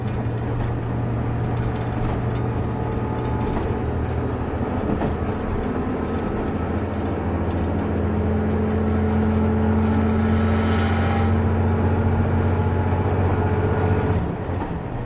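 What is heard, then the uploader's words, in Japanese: A KiHa 71 series diesel train, the Yufuin no Mori, rumbles steadily with a deep engine drone. The low tones hold, then shift upward around six to eight seconds as the engine note changes, growing slightly louder before easing off near the end. キハ71系 ゆふいんの森03号02 日田～由布院。走行音(音の旅)。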